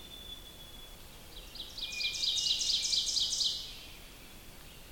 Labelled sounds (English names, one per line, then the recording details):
Ovenbird song
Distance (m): 30 m
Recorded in boreal forest in Alberta, Canada, on 2 June 2016 at 05:30
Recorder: SongMeter 3, array SBT-3-7
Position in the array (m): 23 m, 132 m
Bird 4